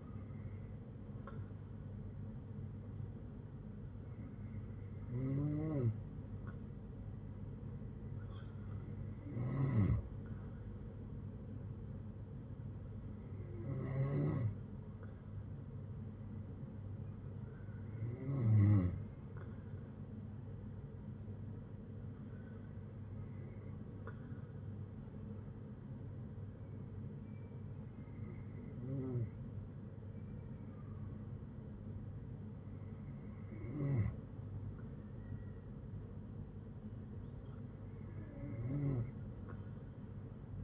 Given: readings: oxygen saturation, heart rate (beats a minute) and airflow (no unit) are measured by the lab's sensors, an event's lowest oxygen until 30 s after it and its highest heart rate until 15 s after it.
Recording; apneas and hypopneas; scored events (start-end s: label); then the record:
breathing in sleep by a smartphone at the bedside; none
none scored
From the record:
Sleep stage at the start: N2 (light sleep); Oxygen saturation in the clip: 93 to 95%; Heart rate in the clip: 59 to 69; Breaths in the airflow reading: 9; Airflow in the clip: -8.2 to 8.0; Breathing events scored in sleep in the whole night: 182 in 7.4 hours asleep